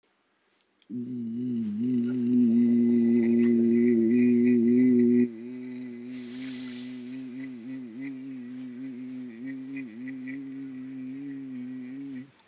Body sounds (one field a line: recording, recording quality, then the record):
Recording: sustained vowel as in beet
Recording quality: moderate, slight background noise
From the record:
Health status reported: COVID-19 positive, mild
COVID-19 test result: positive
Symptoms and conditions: fever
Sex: male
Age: 55 years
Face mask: worn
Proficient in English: yes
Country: India